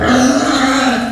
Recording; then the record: squeal of a Yucatan mini pig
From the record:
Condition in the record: after surgery on the right vocal fold (resection and tissue-engineered implant); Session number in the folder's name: 6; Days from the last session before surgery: 40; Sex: female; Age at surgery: 19 weeks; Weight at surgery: 25 kg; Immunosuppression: prednisolone